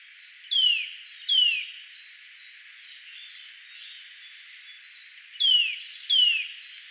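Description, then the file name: Eurasian nuthatch calling with loud, clear downslurred notes, two close together early and two more near the end. "Sitta europaea"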